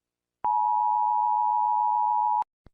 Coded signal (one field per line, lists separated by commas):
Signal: Emergency Alert System (SAME) tones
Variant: 853 and 960 Hz attention tone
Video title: EAS Scenario - The Happy Bear (Part 5) (collaboration with @pierosebastiani-eas )